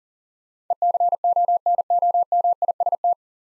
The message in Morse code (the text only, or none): ECONOMIST